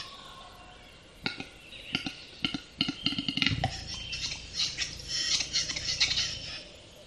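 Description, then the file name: Western capercaillie display song: a series of dry clicks quickening into a rattle, a hollow popping note, then a rapid scratchy, wheezing whetting phrase. "audio hero Bird Capercaillie"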